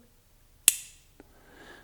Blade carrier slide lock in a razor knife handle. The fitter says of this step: pops into place there